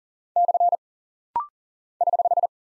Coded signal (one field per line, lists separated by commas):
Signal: Morse code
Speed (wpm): 39 wpm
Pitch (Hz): 700 Hz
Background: none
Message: / <HH>